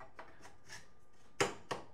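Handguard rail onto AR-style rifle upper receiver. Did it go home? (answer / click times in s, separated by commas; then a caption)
no / none. A metal handguard rail is slid back over the barrel and gas block toward the upper receiver of an AR-style rifle, with faint light taps early on and two sharper knocks of handling near 1.4 and 1.7 seconds. The clip ends just before the rail goes home, so nothing has seated or clicked yet.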